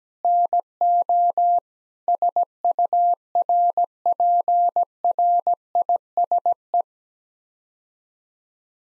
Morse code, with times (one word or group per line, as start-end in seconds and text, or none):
0.2-1.6 NO
2.1-6.8 SURPRISE